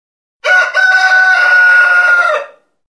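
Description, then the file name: Chicken: rooster crowing, one long loud cock-a-doodle-doo lasting about two seconds, hoarse and steady with a slight dip near the start and a falling end. Rooster (male), crowing. "realcock"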